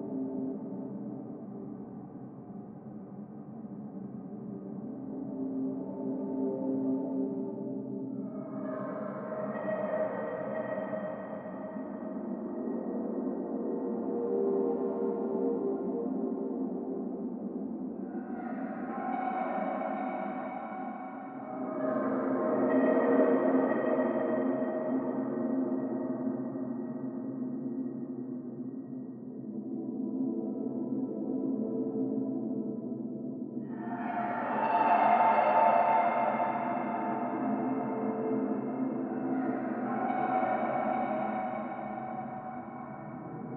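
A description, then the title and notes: An eerie, haunted-woods drone with a constant low hum underneath layered, gong-like metallic tones. Brighter swelling waves rise and fade roughly every ten to fifteen seconds, near 8, 19, 22, 34 and 40 seconds, giving a slow, ominous pulse. Haunted Woods | Royalty Free Horror Ambiance.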